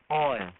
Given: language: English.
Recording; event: throat vibration sensor signal played as sound; speech